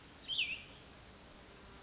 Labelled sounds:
Cassin's Vireo
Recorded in Sonoma County, California

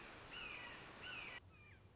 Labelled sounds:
Red-shouldered Hawk
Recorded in Sonoma County, California

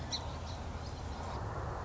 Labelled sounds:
Song Sparrow
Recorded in Sonoma County, California

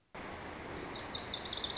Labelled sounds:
Lazuli Bunting
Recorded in Sonoma County, California

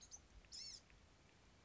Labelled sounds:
Blue-gray Gnatcatcher
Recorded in Sonoma County, California

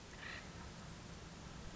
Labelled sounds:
Acorn Woodpecker
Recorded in Sonoma County, California

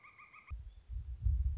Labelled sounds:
Pileated Woodpecker
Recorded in Sonoma County, California

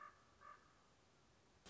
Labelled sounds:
Common Raven
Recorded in Sonoma County, California

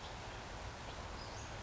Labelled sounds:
Western Flycatcher
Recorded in Sonoma County, California

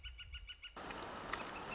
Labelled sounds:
Northern Flicker
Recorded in Sonoma County, California

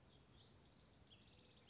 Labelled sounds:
House Wren
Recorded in Sonoma County, California

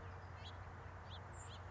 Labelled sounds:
House Finch
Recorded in Sonoma County, California

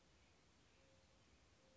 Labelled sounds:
Mourning Dove
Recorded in Sonoma County, California

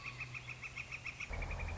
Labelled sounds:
Northern Flicker
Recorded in Sonoma County, California

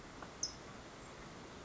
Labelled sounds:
California Towhee
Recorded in Sonoma County, California

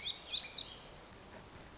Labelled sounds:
Black-throated Gray Warbler
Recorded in Sonoma County, California

